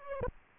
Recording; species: mosquito wingbeat signal from an infrared sensor; Aedes aegypti